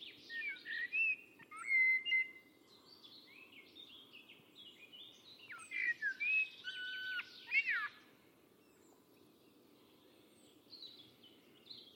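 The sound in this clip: Bird giving quick varied whistled and chirping phrases for about eight seconds over a soft low rumble, then a few faint notes.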